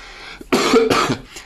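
Two quick, harsh coughs follow one another in about a second, with a faint throat sound before and after. This is a plain cough from an adult man who has a cough and is somewhat unwell.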